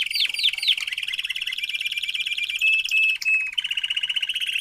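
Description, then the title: Domestic canary singing a few quick slurred notes, then a long even rolling trill with brief whistled tones. Male Belgian canary singing a lot, used to warm up and train young canaries. "Canary Training Esquente Seu Filhote E Canario Belga Macho Cantando Muito"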